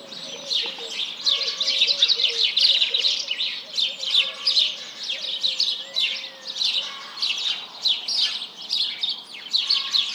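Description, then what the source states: House Sparrows in a dense flock, chirping nonstop in overlapping bursts. Large flock calling in the morning at 07:30 on 1 March 2007.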